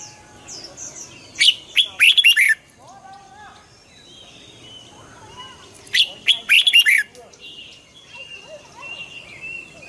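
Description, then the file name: Red-whiskered bulbul delivering two energetic chirping phrases about four seconds apart, with soft warbling whistles behind. Hue strain red-whiskered bulbul singing in the 'giọng kép' (double voice) song style. "Tieng chao mao hue hot giong kep"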